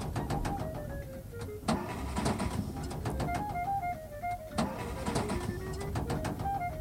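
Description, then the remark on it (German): A Studebaker car engine struggles and sputters, its uneven revving rising and falling with repeated cranking bursts and rattling, as if it is about to die out, then it stalls in front of a garage. “Nanu, was ist denn auf einmal mit dem Wagen los?”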